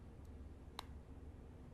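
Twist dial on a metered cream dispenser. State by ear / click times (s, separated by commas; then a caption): seated / 0.8 s. The top dial of a metered hormone-cream dispenser (a placebo unit) is twisted until it clicks at its dose stop at 0.8 s, pushing one measured dose out through the hole in the top. The click is a single sharp, bright snap over a steady low background hum. The dial is seated at the dose stop.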